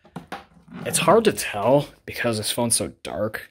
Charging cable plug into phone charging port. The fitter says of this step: right let's uh let's fix that so I did pull some out of it but it's clicking into place a little bit better but still no response